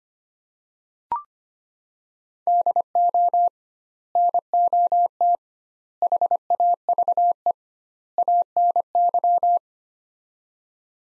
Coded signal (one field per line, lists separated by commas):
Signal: Morse code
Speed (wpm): 25 wpm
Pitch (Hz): 700 Hz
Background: none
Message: DO NOT HAVE ANY